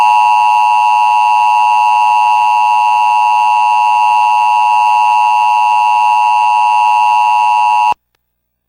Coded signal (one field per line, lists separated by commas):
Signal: Emergency Alert System (SAME) tones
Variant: 853 and 960 Hz attention tone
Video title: Emergency Alert System Tornado Warning Forecast 2/29/11